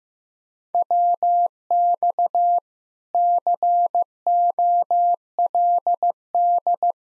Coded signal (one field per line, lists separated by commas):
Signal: Morse code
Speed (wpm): 15 wpm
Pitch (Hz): 700 Hz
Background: none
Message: WX COLD